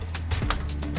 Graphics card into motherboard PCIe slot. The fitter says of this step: there you go nice and secure click right in okay